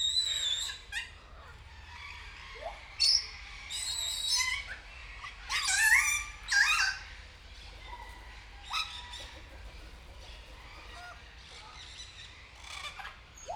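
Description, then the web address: Grey parrot calling busily, mixing harsh squawks with sharp whistled notes and chatter in irregular bursts. Captive bird at Nyíregyháza Zoo, 2019. "allathangok nyiregyhazizoo 2019 professzionalis jako papagaj hosszabban nyiregyhaza"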